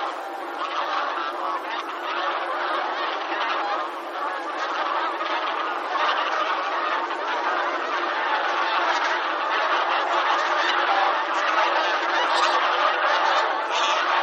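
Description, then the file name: Bean goose flock calling, a dense unbroken chorus of overlapping nasal honks that continues for the whole stretch. "hisikui"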